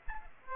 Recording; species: mosquito wingbeat signal from an infrared sensor; Aedes aegypti